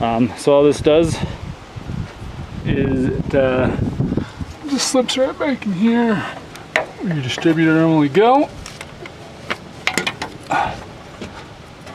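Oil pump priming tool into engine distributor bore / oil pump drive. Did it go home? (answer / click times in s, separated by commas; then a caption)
yes / 9.9 s. Someone talks while a metal oil-pump priming tool is slid down through the distributor bore of the engine block of a 1961 Chevy Apache and turned until its tip engages the oil pump drive. A sharp click at 9.9 s, followed by a few quick knocks, marks the tool dropping and locking into the pump drive, seated.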